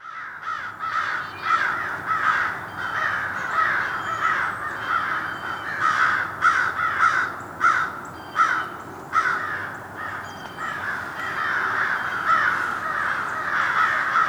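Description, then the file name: Crows cawing in a harsh, overlapping chorus, many calls in rapid irregular bursts throughout. A group of crows mobbing, recorded in Somerset, New Jersey. "Somerset NJ Crow Mob"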